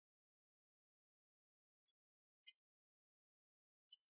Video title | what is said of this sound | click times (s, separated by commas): Acer Aspire 3 N19c1 🚩 A315 56 38Tb 💻 Battery Replacement | if you have big clicks that's fine that's what you want to hear those clicking sounds | 1.9 s, 2.5 s, 3.9 s